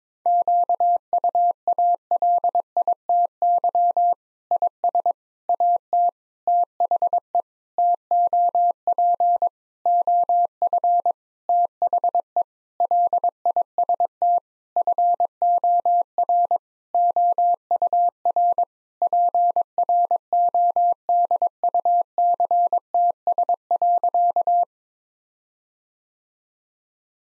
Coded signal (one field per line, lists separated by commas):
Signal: Morse code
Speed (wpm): 22 wpm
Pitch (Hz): 700 Hz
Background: none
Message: QUALITY IS AT THE TOP OF THE LIST FOR OUR PRODUCTS.